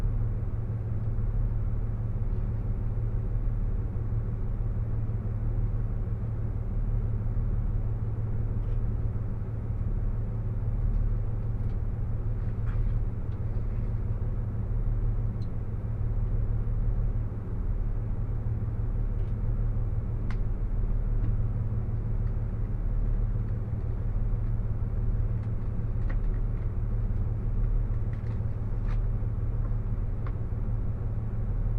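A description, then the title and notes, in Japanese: Onboard the Takayama Line limited express Hida No. 14 from Toyama toward Inotani, a steady low rumble of the moving train fills the whole half-minute at an even level. Faint clicks and small ticks surface now and then above the drone. 高山本線特急ひだ14号 富山→猪谷。乗車したのは当時まだキハ85系のグリーン車。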